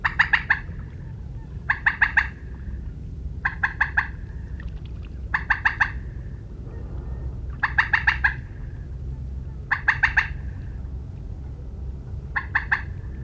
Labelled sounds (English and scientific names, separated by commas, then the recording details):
Common Moorhen (Gallinula chloropus) call
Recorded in the wild
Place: Retgendorf, Mecklenburg-Vorpommern, DE
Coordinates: 53.729, 11.504
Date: 1972-06-17 21:00
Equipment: Nagra III BH, Sennheiser MD 21, parabola
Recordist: Schubert, Michael
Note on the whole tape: diverse Rufe Teichhuhn, das sog. "Dacken"